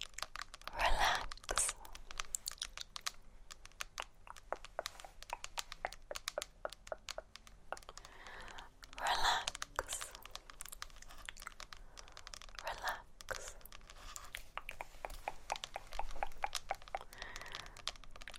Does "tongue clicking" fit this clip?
yes